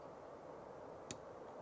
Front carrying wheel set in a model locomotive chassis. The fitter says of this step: Click. Let go. They're still up.